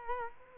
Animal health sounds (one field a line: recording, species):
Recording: mosquito wingbeat signal from an infrared sensor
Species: Culex quinquefasciatus